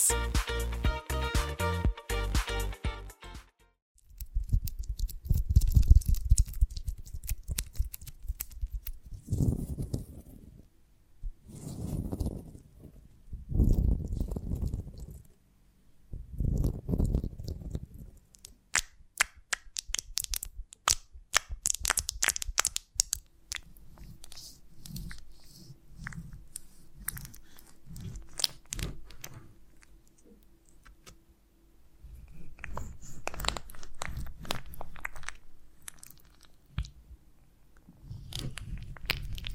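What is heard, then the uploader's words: Honeycomb on a branch being bitten and chewed, with crunchy, wet bursts arriving in clusters every few seconds and brief quiet gaps between. A short tonal, buzzy sound opens the first few seconds, and a faint low steady hum runs under the later half. ASMR of a Honeycomb on Branch (No Talking).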